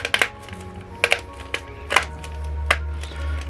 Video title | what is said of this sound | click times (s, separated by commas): CNC Textured WWF Winged Eagle | yep perfect all of the snaps do line up on both sides all of them clipped into place | 0.1 s, 1.0 s, 2.7 s